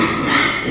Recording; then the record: squeal of a Yucatan mini pig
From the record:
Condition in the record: before surgery on the right vocal fold (resection and tissue-engineered implant); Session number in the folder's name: 2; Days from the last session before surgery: 0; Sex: male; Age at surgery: 12 weeks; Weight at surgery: 13 kg